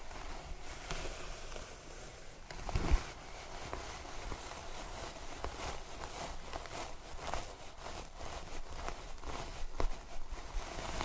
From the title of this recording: Scalp Massage & Hair Brushing